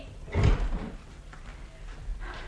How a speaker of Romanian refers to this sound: Cine bate la ușă? Cine ne deranjează din conversația noastră? Cine?